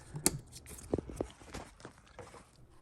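A plastic electrical connector on the wiring harness is pushed back into the mass airflow sensor in the intake tube on a GM Yukon, Tahoe, Suburban, Sierra, Silverado or Escalade during a high pressure fuel pump replacement. One sharp, loud click at 0.3 s is followed by a few softer taps and light rustling. The connector seats at 0.3 s.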